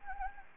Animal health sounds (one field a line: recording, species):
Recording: mosquito wingbeat signal from an infrared sensor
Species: Anopheles gambiae